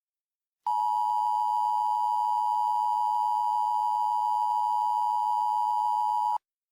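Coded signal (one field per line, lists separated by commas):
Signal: Emergency Alert System (SAME) tones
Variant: 853 and 960 Hz attention tone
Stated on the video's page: Mock (fictional) EAS alert.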